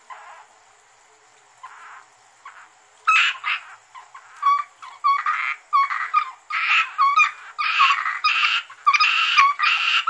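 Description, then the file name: Asian grass frogs building from faint croaks into a loud chorus of rasping, ringing calls in quick succession. "rana limnocharis yannick dauby gruenrekorder"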